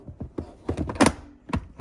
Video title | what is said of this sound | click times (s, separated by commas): 2024 Subaru Ascent Onyx Car Seat & Base Install | there should be two clicks | 1.0 s, 1.5 s